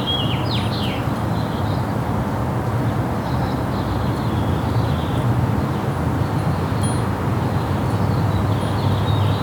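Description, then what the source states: Birds chirping, a quick burst of sharp descending chirps near the start, then faint scattered tweets over a steady low traffic rumble. Recorded in a backyard.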